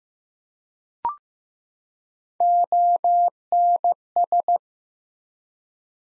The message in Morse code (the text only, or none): ONS